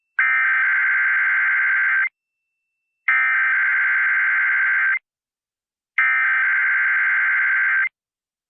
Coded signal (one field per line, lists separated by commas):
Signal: Emergency Alert System (SAME) tones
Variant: header bursts